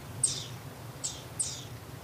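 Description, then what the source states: Garden dormouse giving three short, very high whistles, each trailing off into a breathy hiss, irregularly spaced over a low hum. Wild garden dormouse calling from a bush at night in a garden in Wiesbaden, Germany, while observers see its glowing eyes; nocturnal.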